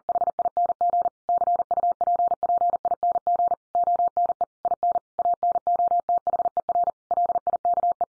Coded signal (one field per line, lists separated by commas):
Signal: Morse code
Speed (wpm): 40 wpm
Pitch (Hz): 700 Hz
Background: none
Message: HING CUPPING ONE IN ANOTHER LIKE